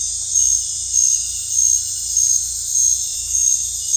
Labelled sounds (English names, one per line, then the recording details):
none
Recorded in dense forest near Puerto Asís, Putumayo, Colombia, on 18 December 2024 at 19:30
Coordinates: 0.486, -76.317
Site G003